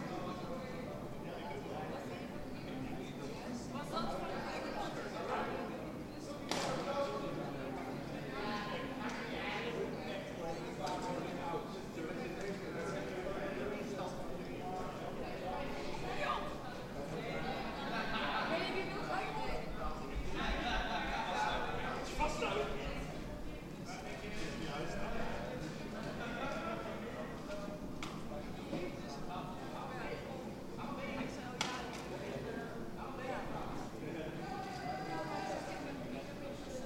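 Voices carry from a neighbours' barbecue party, several people talking at once in a steady, dense murmur that never drops away. Sharp clicks and knocks break through every few seconds, like dishes or cutlery, with a low hum underneath and livelier talk around twenty seconds.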